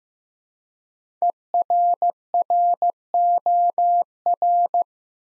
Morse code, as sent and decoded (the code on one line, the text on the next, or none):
. .-. .-. --- .-.
ERROR